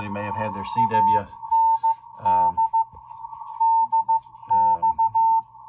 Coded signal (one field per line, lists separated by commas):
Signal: Morse code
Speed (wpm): 15 wpm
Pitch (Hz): 900 Hz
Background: speech, music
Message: AND DX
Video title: RTL-SDR (software defined radio) demo